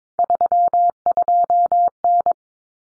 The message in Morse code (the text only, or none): 32N